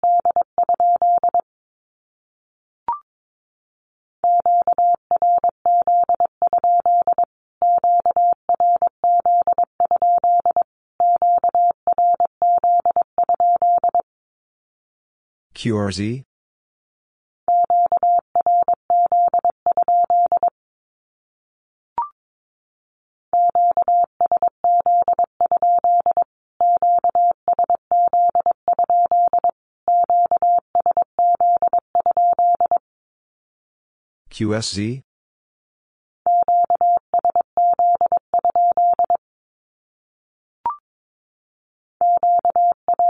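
A steady mid-pitched Morse code tone keys out short and long beeps in three repeated runs, each about twelve seconds long. Between the runs come two brief noisy sweeping bursts, near 16 and 35 seconds, with a few faint clicks in the gaps.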